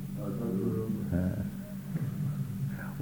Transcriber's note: chuckles